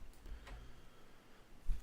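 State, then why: Seated. A finished blue wire's crimped terminal is pushed into a multi-pin connector housing and seats with a short, faint click at 0.5 s. A low thump follows near the end.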